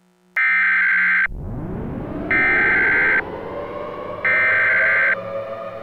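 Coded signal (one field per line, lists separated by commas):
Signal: Emergency Alert System (SAME) tones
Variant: header bursts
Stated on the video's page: Simulated EAS scenario set in Counter Strike: Global Offensive.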